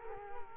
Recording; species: mosquito wingbeat signal from an infrared sensor; Culex quinquefasciatus